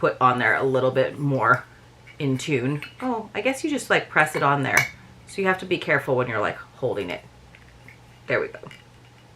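A detachable piece is being fitted onto its base, an item from a box, while someone talks. The piece is handled and first pressed on, then found to screw into place, with a few faint clinks near 7.5 and 7.9 s. The clip ends before the part goes home, so nothing has seated or clicked yet.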